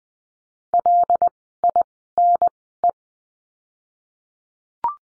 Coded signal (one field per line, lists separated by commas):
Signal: Morse code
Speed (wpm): 20 wpm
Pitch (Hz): 700 Hz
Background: none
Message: L I N E